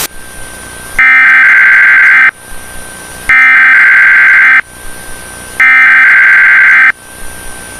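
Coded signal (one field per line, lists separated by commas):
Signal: Emergency Alert System (SAME) tones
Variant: header bursts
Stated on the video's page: Fictional EAS scenario with valid EAS tones.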